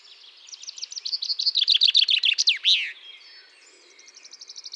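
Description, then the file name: Common chaffinch singing one descending rattle of crisp notes that ends in a loud terminal flourish, then a faint, even trill afterward. "Fringilla coelebs"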